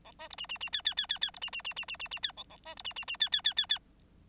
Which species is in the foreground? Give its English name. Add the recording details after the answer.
Bengalese Finch. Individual Bird9